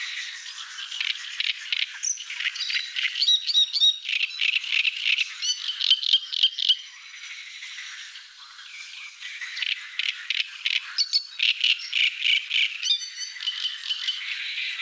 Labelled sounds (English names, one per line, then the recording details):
Great Reed Warbler song
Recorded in the wild
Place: Nagyivan / Hortobagy, HU
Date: 1988-05-06
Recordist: Schwarz, Dieter